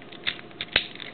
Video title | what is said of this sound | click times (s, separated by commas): G2 RTS Prime easy arm mod - Reveal the Shield | so look at that nice click right there | 0.8 s